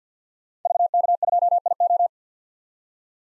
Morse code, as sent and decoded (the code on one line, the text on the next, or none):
...- -.- ..--- .. ---
VK2IO